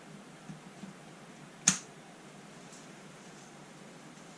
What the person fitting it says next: You might have heard the click as it went on.